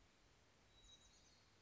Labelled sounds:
Chestnut-backed Chickadee
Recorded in Sonoma County, California

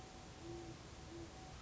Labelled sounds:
Great Horned Owl
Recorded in Sonoma County, California

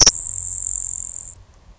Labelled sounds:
Grasshopper Sparrow
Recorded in Sonoma County, California

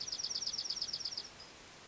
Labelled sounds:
Dark-eyed Junco
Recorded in Sonoma County, California

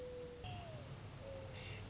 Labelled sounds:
Mourning Dove
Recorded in Sonoma County, California

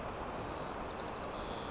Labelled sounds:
White-crowned Sparrow
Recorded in Sonoma County, California

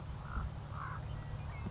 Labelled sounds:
Common Raven
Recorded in Sonoma County, California

